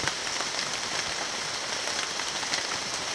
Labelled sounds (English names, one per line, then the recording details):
none
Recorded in secondary vegetation near Puerto Asís, Putumayo, Colombia, on 29 June 2025 at 13:30
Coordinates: 0.499, -76.323
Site G077